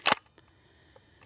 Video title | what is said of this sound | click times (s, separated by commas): How To Unjam A Nail Gun: The RIGHT Way -- Dr Decks | and do you hear that click that will expose the nail | 0.1 s